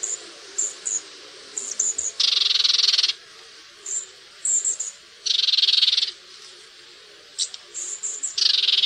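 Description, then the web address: Red-backed shrike giving long harsh rasping bursts, each under a second, three times, mixed with brief high thin notes and a steady background hiss. "fuglelyder tornskate"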